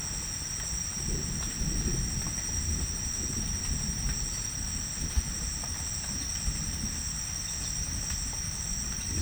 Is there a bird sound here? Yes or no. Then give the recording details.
no. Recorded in secondary vegetation near Puerto Asís, Putumayo, Colombia, on 24 June 2025 at 17:30. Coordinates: 0.498, -76.327. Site GP09